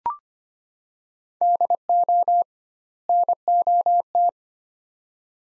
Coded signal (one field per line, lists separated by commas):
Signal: Morse code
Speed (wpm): 25 wpm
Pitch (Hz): 700 Hz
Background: none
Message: DO NOT